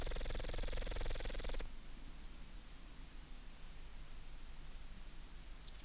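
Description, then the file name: Upland green bush-cricket song, a short burst of high pulsed buzzing, followed by quiet with a faint restart at the close. "Tettigonia cantans"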